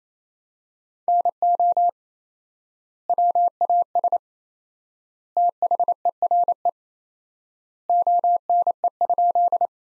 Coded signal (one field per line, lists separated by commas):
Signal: Morse code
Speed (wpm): 28 wpm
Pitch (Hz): 700 Hz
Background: none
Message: NO WAS THERE ONE?